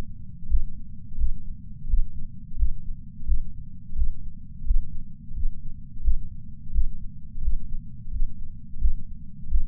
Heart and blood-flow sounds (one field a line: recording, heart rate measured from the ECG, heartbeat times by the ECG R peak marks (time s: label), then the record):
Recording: heart sounds by patch sensor on the chest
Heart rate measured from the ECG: 87 bpm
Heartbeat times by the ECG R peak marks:
0.48 s: heartbeat
1.17 s: heartbeat
1.88 s: heartbeat
2.57 s: heartbeat
3.26 s: heartbeat
3.95 s: heartbeat
4.65 s: heartbeat
5.34 s: heartbeat
6.02 s: heartbeat
6.72 s: heartbeat
7.41 s: heartbeat
8.11 s: heartbeat
8.79 s: heartbeat
9.49 s: heartbeat
From the record:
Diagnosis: coronary artery disease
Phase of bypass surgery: postoperative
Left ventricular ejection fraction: 53.3%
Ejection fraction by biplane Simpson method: 55.1%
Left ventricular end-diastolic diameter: 44 mm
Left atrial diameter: 43 mm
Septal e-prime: 6 cm/s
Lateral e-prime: 8.6 cm/s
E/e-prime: 11.9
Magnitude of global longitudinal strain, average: 15.4%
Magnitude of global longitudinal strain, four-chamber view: 16.2%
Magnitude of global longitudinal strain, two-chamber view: 15.5%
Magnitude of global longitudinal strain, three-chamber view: 14.5%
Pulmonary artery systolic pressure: 30 mmHg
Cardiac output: 3.65 L/min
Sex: male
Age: 64 years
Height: 175 cm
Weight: 85 kg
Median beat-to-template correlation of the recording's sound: 0.88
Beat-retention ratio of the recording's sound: 1.00